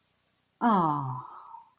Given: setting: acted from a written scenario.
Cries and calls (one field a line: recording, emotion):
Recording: vocal sound without words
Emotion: sympathy